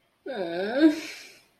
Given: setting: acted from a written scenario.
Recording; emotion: vocal sound without words; shame